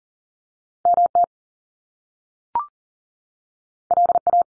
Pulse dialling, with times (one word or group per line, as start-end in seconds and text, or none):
none